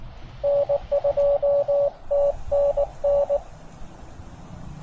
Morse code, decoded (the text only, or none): N2TNN